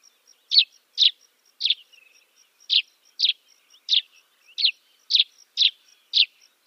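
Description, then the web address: Dead Sea sparrow repeating quick, sharp chirps about twice a second, with a soft high ticking sound running underneath. "Schulze Peter Dead Sea Sparrow song"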